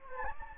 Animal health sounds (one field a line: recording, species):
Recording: mosquito wingbeat signal from an infrared sensor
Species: Anopheles gambiae